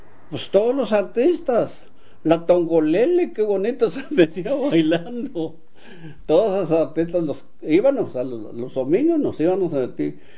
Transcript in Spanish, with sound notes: Pos todos los artistas, la Tongolele, qué bonito se metió bailando. (risas) Todos esos artistas los… Íbanos a, los domingos nos íbanos a divertir.